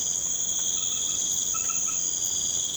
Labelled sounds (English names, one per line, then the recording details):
none
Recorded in pastures near Puerto Asís, Putumayo, Colombia, on 12 March 2025 at 01:30
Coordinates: 0.505, -76.324
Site GP08